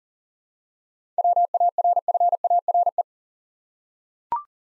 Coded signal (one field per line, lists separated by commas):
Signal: Morse code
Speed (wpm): 42 wpm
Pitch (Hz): 700 Hz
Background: none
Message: WARFARE